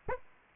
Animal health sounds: mosquito wingbeat signal from an infrared sensor; Aedes aegypti

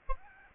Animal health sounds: mosquito wingbeat signal from an infrared sensor; Aedes albopictus

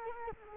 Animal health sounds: mosquito wingbeat signal from an infrared sensor; Culex quinquefasciatus

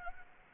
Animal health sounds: mosquito wingbeat signal from an infrared sensor; Anopheles gambiae

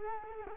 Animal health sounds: mosquito wingbeat signal from an infrared sensor; Culex quinquefasciatus

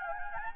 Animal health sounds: mosquito wingbeat signal from an infrared sensor; Anopheles gambiae

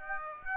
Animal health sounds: mosquito wingbeat signal from an infrared sensor; Aedes aegypti

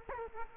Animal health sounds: mosquito wingbeat signal from an infrared sensor; Culex quinquefasciatus

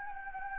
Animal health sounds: mosquito wingbeat signal from an infrared sensor; Anopheles gambiae

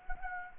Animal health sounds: mosquito wingbeat signal from an infrared sensor; Anopheles gambiae

